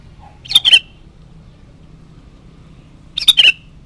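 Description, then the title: Sooty-headed bulbul song: two short, bubbly, slightly squawky phrases of a few notes each, separated by about two and a half seconds of quiet. "Kutilang"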